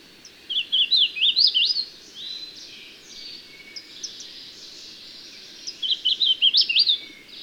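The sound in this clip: Bird song: two bursts of rapid, sharply rising and falling high notes with softer warbling between, over constant faint hiss.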